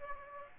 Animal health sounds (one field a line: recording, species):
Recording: mosquito wingbeat signal from an infrared sensor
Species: Aedes aegypti